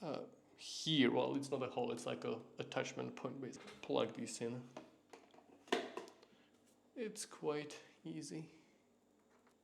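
A plastic attachment piece is handled at the attachment points on the base station of a Xiaomi Robot Vacuum X20+ while someone talks. A few short handling taps occur around 5.1–6.2 s, but the piece has not seated or clicked into place yet.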